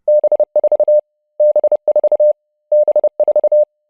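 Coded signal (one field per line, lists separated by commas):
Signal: Morse code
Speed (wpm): 27 wpm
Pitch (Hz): 600 Hz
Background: none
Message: B4 B4 B4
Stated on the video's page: Word-based Morse lesson: words sent at 20 wpm, ramped up to 30 wpm, then back to 20 wpm.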